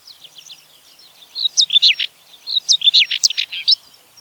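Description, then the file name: Common whitethroat song: two brief, scratchy, hurried warbling phrases separated by a short pause, with faint thin chattering notes leading in. "grasmus zang"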